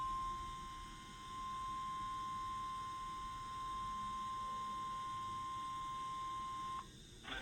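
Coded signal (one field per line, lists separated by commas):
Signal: Emergency Alert System (SAME) tones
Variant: 1050 Hz attention tone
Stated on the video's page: Real Flash Flood Warning EAS broadcast on a weather radio station; weather radios did not activate.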